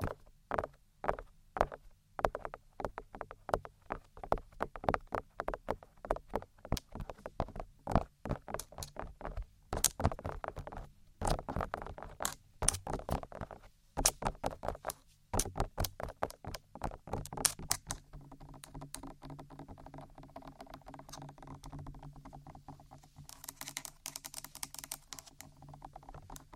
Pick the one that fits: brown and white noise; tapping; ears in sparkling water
tapping